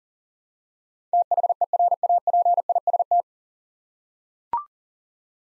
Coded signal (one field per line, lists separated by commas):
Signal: Morse code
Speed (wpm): 40 wpm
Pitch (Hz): 700 Hz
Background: none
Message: THERAPIST